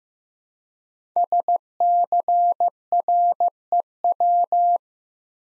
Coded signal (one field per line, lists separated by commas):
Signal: Morse code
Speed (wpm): 15 wpm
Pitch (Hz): 700 Hz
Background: none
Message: SCREW